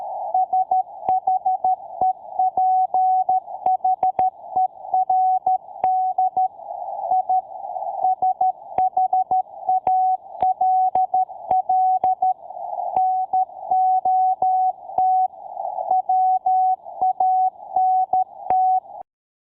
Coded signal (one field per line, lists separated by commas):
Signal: Morse code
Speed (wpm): 13 wpm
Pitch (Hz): 750 Hz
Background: none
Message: SHEPHERD I SHALL NOT WANT